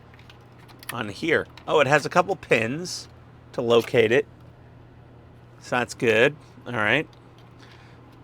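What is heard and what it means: A plastic part for a Hachette 1:48 scale U96 U-Boat model kit is located on its pins over a submarine hull section and handled. Faint handling ticks are heard near 0.1–0.3 s while someone talks. Nothing has seated or clicked into place yet.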